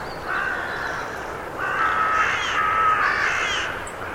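Bird calls: drawn-out, flat, nasal caws that blend into a continuous stretch, fairly muted against background noise.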